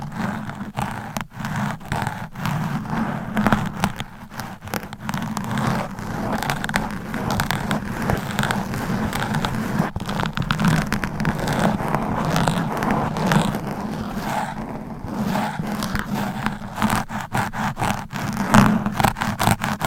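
Fingernails scratch against a microphone without letup for the full twenty seconds, a dense, rough rasping with a steady low rumble under it. Quick strokes repeat rapidly and unevenly, cut by sharper clicks and a few brief pauses, with the level holding fairly even throughout.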